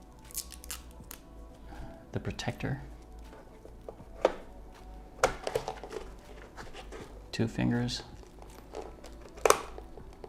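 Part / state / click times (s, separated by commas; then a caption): memory module into motherboard DIMM slot / not seated / none. A memory module is handled at a motherboard DIMM slot with two fingers while someone talks, producing scattered light taps, clicks and rustling. The module has not seated or clicked into the slot yet.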